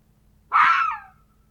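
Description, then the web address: Fox giving a single hoarse bark that fades away. "glos lisy dla dzieci"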